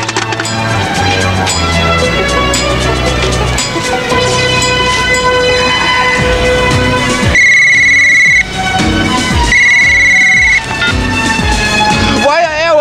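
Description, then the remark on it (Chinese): An answering machine beeps twice after a stretch of busy, dense sound. Each beep is a steady, high-pitched electronic tone lasting about a second, loud and clear, with a short gap between them. “如果你想同我倾公事或者系讲政治，请一嘟一声之后留下你嘅口信。”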